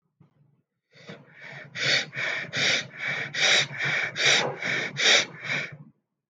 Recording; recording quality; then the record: shallow breathing; excellent, no background noise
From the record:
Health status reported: healthy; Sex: male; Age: 36 years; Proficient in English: yes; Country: India